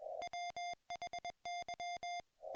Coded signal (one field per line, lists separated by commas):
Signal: Morse code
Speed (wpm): 21 wpm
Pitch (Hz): 690 Hz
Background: music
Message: WHY